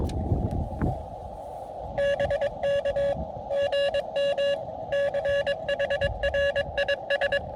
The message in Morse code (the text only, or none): BK GM CHRIS